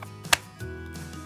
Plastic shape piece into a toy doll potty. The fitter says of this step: that click yeah okay